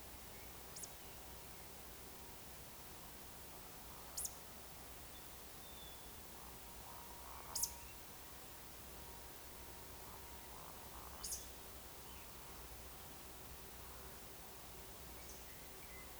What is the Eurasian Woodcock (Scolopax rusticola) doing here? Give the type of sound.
whistle, croak